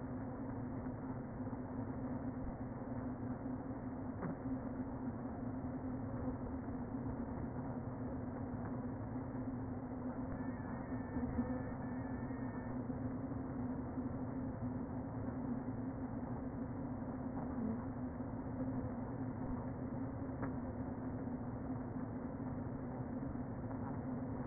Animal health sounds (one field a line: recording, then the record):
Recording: honeybee colony, microphone inside the hive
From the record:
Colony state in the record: queen present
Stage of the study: before two queens were removed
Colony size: about 60,000 bees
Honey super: yes